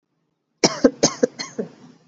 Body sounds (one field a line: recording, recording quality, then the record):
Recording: shallow voluntary cough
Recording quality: excellent, no background noise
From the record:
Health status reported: exposed to COVID-19, no respiratory illness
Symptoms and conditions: cough, cold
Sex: female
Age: 18 years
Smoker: yes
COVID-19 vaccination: both doses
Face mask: worn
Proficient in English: yes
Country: India